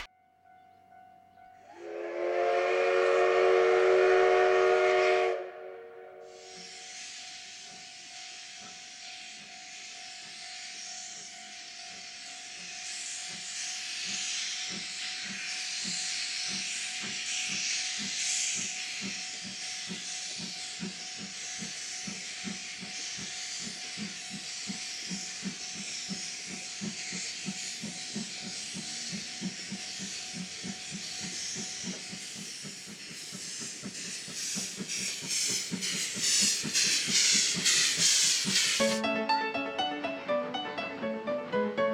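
A steam locomotive blows a loud whistle, then its hissing chuffs build and quicken, ending with a sharp clatter.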